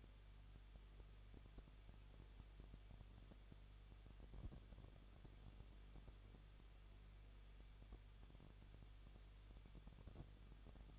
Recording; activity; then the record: daily activity, microphone in the room; no activity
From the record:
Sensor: 4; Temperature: 23.0 degrees Celsius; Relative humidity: 34.0%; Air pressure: 1007.4 hPa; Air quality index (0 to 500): 214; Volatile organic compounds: 14 ppm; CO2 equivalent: 2460 ppm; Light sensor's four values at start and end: 2/3/1/1 and 2/3/1/1